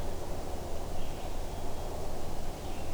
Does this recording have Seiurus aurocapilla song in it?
no